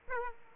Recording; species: mosquito wingbeat signal from an infrared sensor; Aedes aegypti